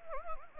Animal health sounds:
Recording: mosquito wingbeat signal from an infrared sensor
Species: Anopheles gambiae

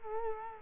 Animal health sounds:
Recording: mosquito wingbeat signal from an infrared sensor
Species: Culex quinquefasciatus

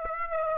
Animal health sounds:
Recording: mosquito wingbeat signal from an infrared sensor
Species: Aedes aegypti

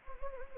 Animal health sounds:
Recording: mosquito wingbeat signal from an infrared sensor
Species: Anopheles gambiae

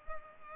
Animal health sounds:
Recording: mosquito wingbeat signal from an infrared sensor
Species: Culex pipiens

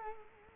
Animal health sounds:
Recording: mosquito wingbeat signal from an infrared sensor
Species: Culex quinquefasciatus

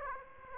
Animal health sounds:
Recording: mosquito wingbeat signal from an infrared sensor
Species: Aedes aegypti

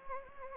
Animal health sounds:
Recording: mosquito wingbeat signal from an infrared sensor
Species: Anopheles gambiae

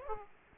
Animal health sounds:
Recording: mosquito wingbeat signal from an infrared sensor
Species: Aedes aegypti

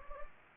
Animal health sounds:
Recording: mosquito wingbeat signal from an infrared sensor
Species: Anopheles gambiae

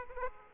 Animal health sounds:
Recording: mosquito wingbeat signal from an infrared sensor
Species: Aedes aegypti

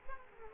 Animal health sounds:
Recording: mosquito wingbeat signal from an infrared sensor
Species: Culex quinquefasciatus

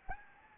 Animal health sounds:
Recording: mosquito wingbeat signal from an infrared sensor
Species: Anopheles gambiae

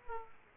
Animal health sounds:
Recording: mosquito wingbeat signal from an infrared sensor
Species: Aedes aegypti

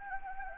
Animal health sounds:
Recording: mosquito wingbeat signal from an infrared sensor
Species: Anopheles gambiae

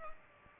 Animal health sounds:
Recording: mosquito wingbeat signal from an infrared sensor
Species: Culex pipiens

